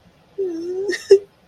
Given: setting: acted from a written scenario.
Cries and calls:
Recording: vocal sound without words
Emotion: sadness

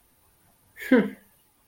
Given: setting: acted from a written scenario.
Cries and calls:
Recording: vocal sound without words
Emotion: neutral

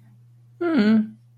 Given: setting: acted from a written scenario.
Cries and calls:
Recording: vocal sound without words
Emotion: neutral

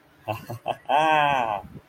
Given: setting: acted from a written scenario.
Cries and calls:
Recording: vocal sound without words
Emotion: triumph

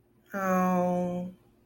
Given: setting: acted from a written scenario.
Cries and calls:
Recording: vocal sound without words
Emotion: sympathy

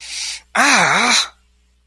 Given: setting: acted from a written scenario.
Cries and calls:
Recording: vocal sound without words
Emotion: pain

